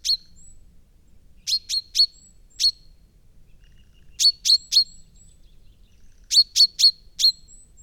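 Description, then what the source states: Common chaffinch giving bright, pinging call notes in clusters of three to four, the bursts coming every two to three seconds against a still background. Recorded at Immenstaedter Horn on 9 March 2014.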